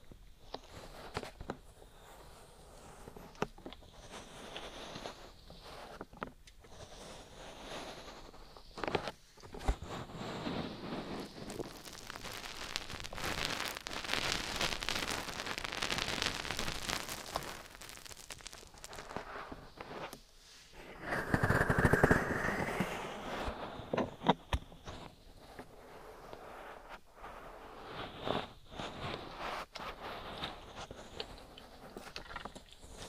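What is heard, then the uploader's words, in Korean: Oily, bare hands rub and squelch against the ear, with soft slick strokes and scattered small taps. The rubbing swells into a longer, fuller wash around the middle and again near twenty-two seconds, then settles back into lighter, intermittent touches. ASMR 3dio 귀마사지 오일+맨손 ear massage.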